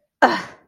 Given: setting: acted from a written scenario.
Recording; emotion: vocal sound without words; anger